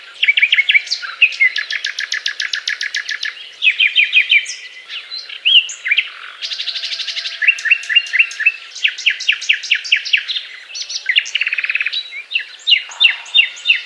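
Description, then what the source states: Nightingale song, a rich run of varied phrases: rapid repeated notes, buzzy trills and sharp whistled notes, with short pauses between bursts. Song described as a love serenade.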